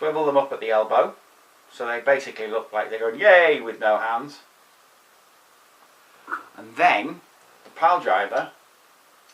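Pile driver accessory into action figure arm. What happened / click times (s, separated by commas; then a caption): The part is handled but has not clicked into place yet / none. Someone talks while handling a plastic pile-driver arm accessory for the arm of a Masterpiece Soundwave transforming figure, with pauses of near silence between phrases. The clip ends before the accessory is pushed home, so nothing has seated or clicked yet.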